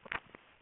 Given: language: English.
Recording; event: throat vibration sensor signal played as sound; swallow